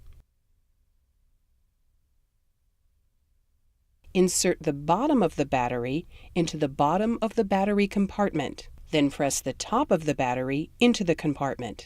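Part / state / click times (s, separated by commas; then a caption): battery pack into AED compartment / not seated / none. A battery pack is lined up with its bottom set into the bottom of the battery compartment of a Philips HeartStart OnSite AED, ready for the top to be pressed in. The first four seconds are nearly silent, then someone talks for the rest of the clip. Nothing has seated or clicked yet.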